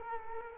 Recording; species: mosquito wingbeat signal from an infrared sensor; Culex quinquefasciatus